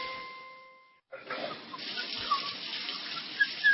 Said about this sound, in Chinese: 咱北京啊，是个缺水的城市，看见有那个水龙头不关的，哗哗流的，心疼啊！啊，咱洗手洗脸打肥皂时候呢，就顺手把水龙头给关上呗